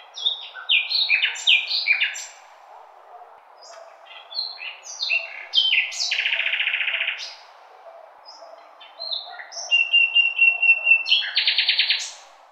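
Birdsong in a busy blend of high chirps, whistled notes and buzzy trills, some trills held for about a second, with brief quieter pauses.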